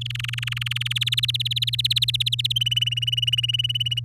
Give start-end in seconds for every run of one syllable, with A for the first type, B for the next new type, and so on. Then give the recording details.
0.01-0.93 A, 0.95-2.52 B, 2.56-4.00 C. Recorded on 8 May 2018 at 17:05. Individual llb16